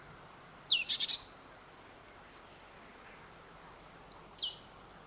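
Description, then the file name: Marsh tit gives a fainter call, a high slurred note with a few buzzy notes, then soft ticks and a second slurred note. "Poecile palustris"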